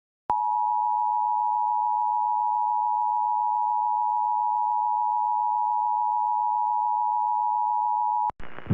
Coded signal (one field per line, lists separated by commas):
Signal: Emergency Alert System (SAME) tones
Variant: 853 and 960 Hz attention tone